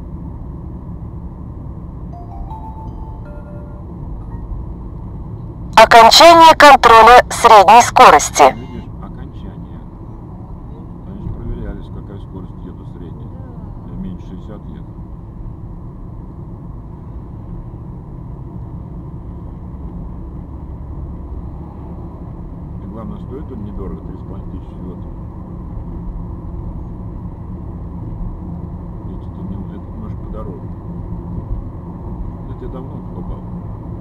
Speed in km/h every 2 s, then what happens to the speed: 52, 52, 52, 52, 49, 46, 46, 48, 47, 49, 53, 56, 58, 61, 64, 64, 66.
0-13 steady at about 52. 13-34 speeds up to 66.